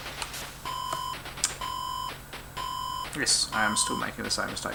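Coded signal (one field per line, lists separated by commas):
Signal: none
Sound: video game sound effects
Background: speech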